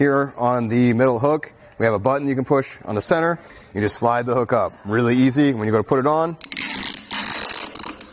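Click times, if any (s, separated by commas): 7.0 s, 7.1 s, 7.8 s, 8.0 s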